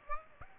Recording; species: mosquito wingbeat signal from an infrared sensor; Aedes aegypti